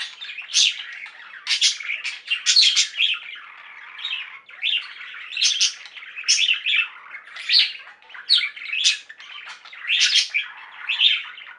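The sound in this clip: Budgerigar chattering, a warbled mix of squeaks and harsh high squawks in frequent loud bursts over softer continuous twittering.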